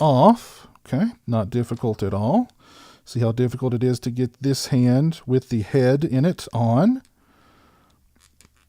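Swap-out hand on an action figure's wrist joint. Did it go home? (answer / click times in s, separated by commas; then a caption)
no / none. A swap-out plastic hand holding a severed head is being pushed onto the wrist peg of a plastic action figure, and nothing has seated or clicked yet. Someone talks for most of the clip. After a quiet stretch, a few faint, brief ticks of handling sound near the end.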